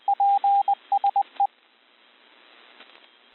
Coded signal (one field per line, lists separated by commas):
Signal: Morse code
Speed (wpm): 20 wpm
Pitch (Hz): 800 Hz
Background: radio noise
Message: PSE